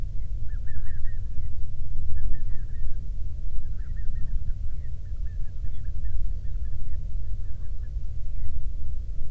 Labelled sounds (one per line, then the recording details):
waterfowl
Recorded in the Prudhoe Bay oil fields, Alaska, on 13 June 2019 at 00:04
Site 24